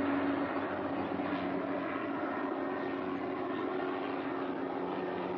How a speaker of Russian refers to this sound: К полю приближается легкий вертолет. У вертолета белая кабина с выкрашенными в красный цвет задней частью и хвостовой балкой, полосковое шасси.